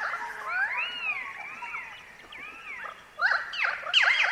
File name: bees and Pied currawongs birds in eucalypt forest